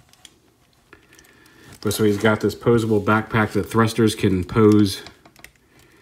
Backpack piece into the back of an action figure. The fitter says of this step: and then squeeze it in it snaps right into place